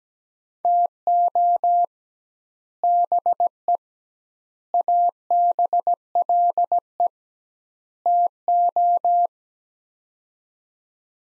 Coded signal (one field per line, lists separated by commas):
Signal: Morse code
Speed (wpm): 17 wpm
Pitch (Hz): 700 Hz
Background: none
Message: TO BE ABLE TO